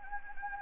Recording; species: mosquito wingbeat signal from an infrared sensor; Anopheles gambiae